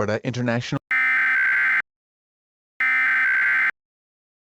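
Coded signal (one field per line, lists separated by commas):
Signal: Emergency Alert System (SAME) tones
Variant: header bursts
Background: speech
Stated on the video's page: Mock severe thunderstorm warning made with Audacity using an EAS DASDEC screen and Comcast/Xfinity load screen.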